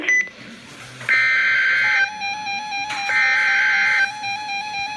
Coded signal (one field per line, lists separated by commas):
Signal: Emergency Alert System (SAME) tones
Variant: header bursts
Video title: EAS #1096 - Severe Thunderstorm Warning 6-12-2015